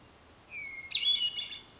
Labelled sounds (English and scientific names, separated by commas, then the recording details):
Hermit Thrush (Catharus guttatus)
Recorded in Sonoma County, California